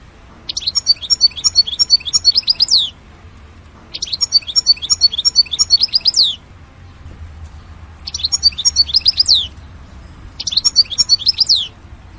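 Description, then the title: European goldfinch singing four bursts of fast, tinkling twitters, each lasting a second or two with short gaps between, low hum beneath. "Chant Chardonneret"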